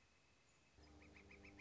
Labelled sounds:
Northern Flicker
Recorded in Sonoma County, California

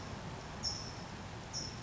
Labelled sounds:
California Towhee
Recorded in Sonoma County, California

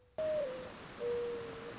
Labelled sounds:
Mourning Dove
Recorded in Sonoma County, California

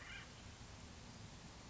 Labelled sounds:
Acorn Woodpecker
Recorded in Sonoma County, California

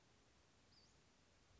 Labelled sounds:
Western Flycatcher
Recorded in Sonoma County, California

